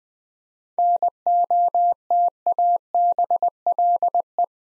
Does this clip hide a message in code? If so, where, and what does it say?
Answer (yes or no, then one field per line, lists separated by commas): yes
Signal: Morse code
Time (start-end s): 0.8-4.4 s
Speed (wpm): 20 wpm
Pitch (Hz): 700 Hz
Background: none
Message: NOTABLE